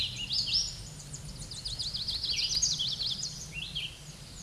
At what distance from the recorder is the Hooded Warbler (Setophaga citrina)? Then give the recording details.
about 10 m. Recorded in a Pennsylvania forest on 18 May 2023 at 13:03. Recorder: AudioMoth, point grid1_15_low. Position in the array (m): 44 m, 180 m